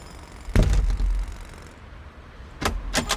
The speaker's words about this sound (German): Gut, dann machen Sie mal die Tür auf. Bitte. Moment.